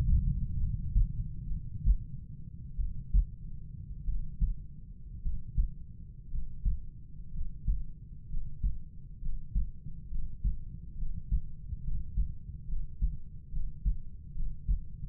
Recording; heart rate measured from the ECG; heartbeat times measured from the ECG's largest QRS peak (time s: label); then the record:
heart sounds by stethoscope; 61 bpm
0.57 s: heartbeat
1.48 s: heartbeat
2.77 s: heartbeat
4.05 s: heartbeat
5.22 s: heartbeat
6.30 s: heartbeat
7.32 s: heartbeat
8.28 s: heartbeat
9.20 s: heartbeat
10.09 s: heartbeat
10.97 s: heartbeat
11.82 s: heartbeat
12.67 s: heartbeat
13.51 s: heartbeat
14.34 s: heartbeat
From the record:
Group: healthy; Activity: Valsalva maneuver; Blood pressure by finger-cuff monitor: 93/49 mmHg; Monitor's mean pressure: 63 mmHg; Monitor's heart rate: 65 bpm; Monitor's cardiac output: 5.1 L/min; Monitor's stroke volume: 86 mL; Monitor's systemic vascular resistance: 830 dyn s/cm5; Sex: male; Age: 25 years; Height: 170 cm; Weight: 70.4 kg